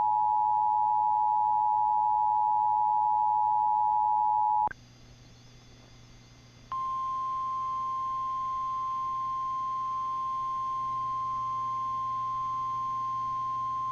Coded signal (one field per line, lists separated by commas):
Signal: Emergency Alert System (SAME) tones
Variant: 853 and 960 Hz attention tone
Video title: EAS 2700: Tennessee Amber Alert